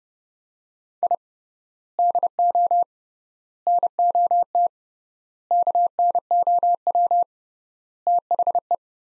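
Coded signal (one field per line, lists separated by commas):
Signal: Morse code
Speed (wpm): 30 wpm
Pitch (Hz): 700 Hz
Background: none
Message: I DO NOT KNOW THE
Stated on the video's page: Morse practice of five-word sets at 30 wpm with 3x word spacing, a Farnsworth-like method for head-copying phrases.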